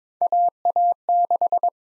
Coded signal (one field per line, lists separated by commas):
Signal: Morse code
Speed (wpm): 22 wpm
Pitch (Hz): 700 Hz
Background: none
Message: AA6